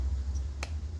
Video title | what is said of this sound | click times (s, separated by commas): Alfa Romeo Giulia/Stelvio 2.0L - GFB DV+ Install | and I lined up the indentations, it clicked into place. | 0.6 s